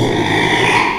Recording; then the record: squeal of a Yucatan mini pig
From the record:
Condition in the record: after surgery on the right vocal fold (resection and tissue-engineered implant); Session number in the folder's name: 1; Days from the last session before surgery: 6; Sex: male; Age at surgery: 12 weeks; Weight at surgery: 13 kg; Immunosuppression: cyclosporine, prednisolone